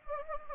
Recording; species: mosquito wingbeat signal from an infrared sensor; Anopheles gambiae